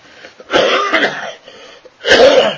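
Two harsh, rasping throat-clearing coughs from an adult man with sinus problems and an allergy picked up from flowers.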